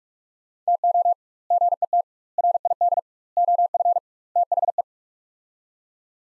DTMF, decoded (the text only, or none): none